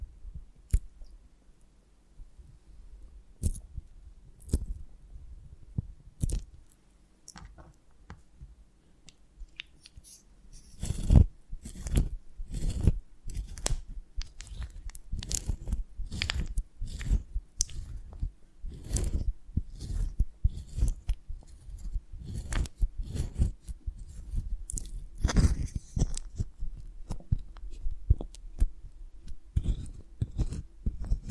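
ASMR of a honeycomb on a branch: sharp, sticky crunches and snaps, sparse for the first ten seconds, then coming quickly and steadily. Each bite or break is short and bright over a low thump, with soft wet clicks between and a faint steady hum beneath.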